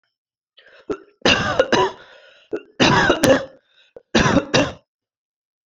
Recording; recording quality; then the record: heavy voluntary cough; moderate, slight background noise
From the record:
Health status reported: respiratory illness, not identified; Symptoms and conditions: asthma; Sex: male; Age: 27 years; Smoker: not ticked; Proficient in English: yes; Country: India